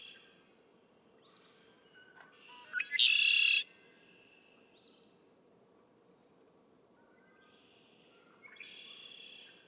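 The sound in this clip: Red-winged blackbird song: a few short introductory notes, then a loud buzzy, rasping trill lasting under a second; fainter songs before and after.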